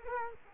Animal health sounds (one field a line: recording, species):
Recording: mosquito wingbeat signal from an infrared sensor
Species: Culex quinquefasciatus